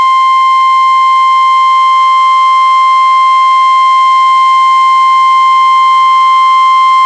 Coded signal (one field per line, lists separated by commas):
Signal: Emergency Alert System (SAME) tones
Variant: 1050 Hz attention tone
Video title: Tornado Warning (EAS #381)